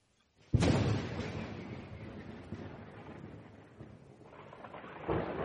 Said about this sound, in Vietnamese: Tiếng lôi đình rất khủng bố, nổ vang khắp bát phương, giống như trên thiên mạc có một thần linh đang gầm thét.